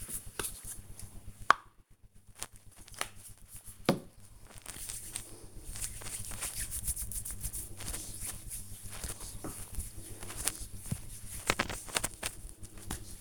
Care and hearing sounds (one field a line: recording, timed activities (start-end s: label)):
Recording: household activities, microphone on the right wrist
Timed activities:
0.00-13.21 s: cream hands